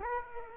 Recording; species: mosquito wingbeat signal from an infrared sensor; Aedes aegypti